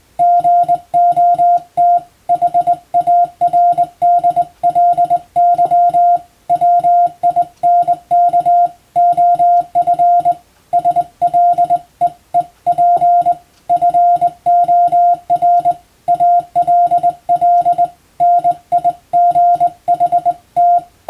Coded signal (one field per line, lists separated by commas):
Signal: Morse code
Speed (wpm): 21 wpm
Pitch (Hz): 700 Hz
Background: music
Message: GOT HARDLY WINK OF SLEEP FOR ALL NIGHT